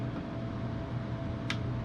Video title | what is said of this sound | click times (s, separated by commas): We pre-built this...now let's actually build it! | There's the click. | 1.5 s